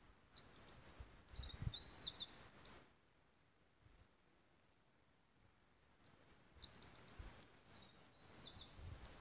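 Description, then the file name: Eurasian wren singing a fast, shrill burst of trills and chattering notes for about three seconds, then near silence, then another rapid high-pitched phrase beginning around six and a half seconds. "Troglodytes troglodytes"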